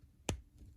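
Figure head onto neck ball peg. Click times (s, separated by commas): 0.3 s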